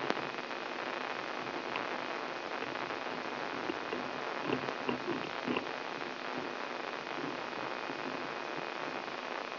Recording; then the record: brain microelectrode recording played as sound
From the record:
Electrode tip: inside the subthalamic nucleus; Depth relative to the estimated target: 2.5 mm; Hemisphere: left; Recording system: AlphaMap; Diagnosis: Parkinson's disease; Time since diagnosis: 11 years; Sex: male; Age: 67 years